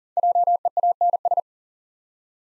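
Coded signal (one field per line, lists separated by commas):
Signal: Morse code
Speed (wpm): 40 wpm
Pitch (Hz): 700 Hz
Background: none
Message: JEANS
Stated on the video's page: Contextual-priming practice set of difficult words with hints, sent at 40 wpm.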